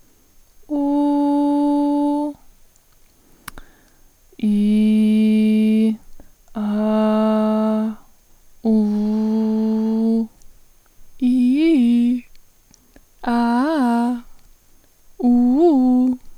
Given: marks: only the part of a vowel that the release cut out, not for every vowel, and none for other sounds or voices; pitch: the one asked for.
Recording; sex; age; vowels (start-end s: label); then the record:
sustained vowels; female; 20 to 29 years
0.85-2.18 s: vowel /u/, high pitch
4.60-5.78 s: vowel /i/, low pitch
6.68-7.80 s: vowel /a/, low pitch
8.84-10.05 s: vowel /u/, low pitch
11.27-12.11 s: vowel /i/, low-high-low pitch
13.33-14.08 s: vowel /a/, low-high-low pitch
15.28-16.04 s: vowel /u/, low-high-low pitch
From the record:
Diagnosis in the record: healthy voice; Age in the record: 26 years